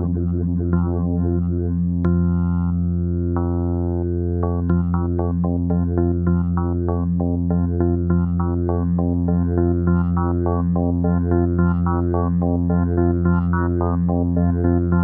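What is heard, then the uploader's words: Vactrol drone tones hold a steady, low, humming bed throughout, with stacked pitches sustained underneath. Above it, brighter tones flicker and pulse in quick, irregular bursts, growing busier after about four seconds. The overall level stays even, without pauses. Vactrol Drone Tones.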